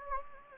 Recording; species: mosquito wingbeat signal from an infrared sensor; Anopheles gambiae